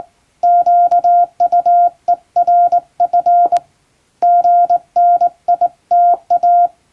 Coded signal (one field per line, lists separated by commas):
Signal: Morse code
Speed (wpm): 20 wpm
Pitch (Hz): 700 Hz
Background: none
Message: QUERF GNITA